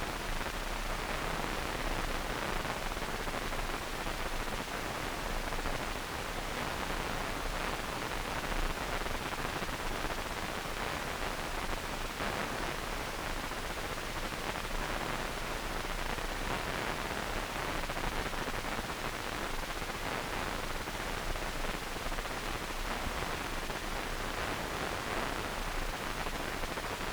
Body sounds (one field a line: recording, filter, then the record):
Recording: brain microelectrode recording played as sound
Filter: wide band, above 20 Hz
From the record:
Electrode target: subthalamic nucleus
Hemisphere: right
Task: reaching with the left hand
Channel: 2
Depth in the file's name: 1.506 mm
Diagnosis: Parkinson's disease